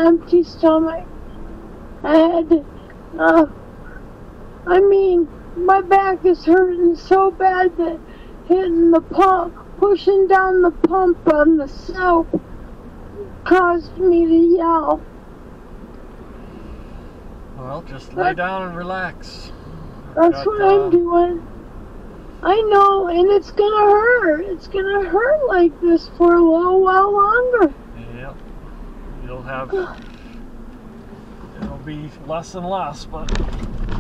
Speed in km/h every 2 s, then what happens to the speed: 61, 61, 61, 58, 55, 52, 53, 55, 53, 55, 58, 58, 56, 53, 37, 27, 26.
4-10 slows to 52. 10-25 steady at about 55. 25-34 brakes to 26.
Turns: 29-34.